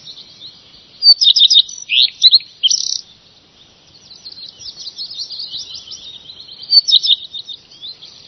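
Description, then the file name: Redstart song, quick high chirps and a brief buzzy note early, then a softer run of rapid scratchy twitters. "roodstaart"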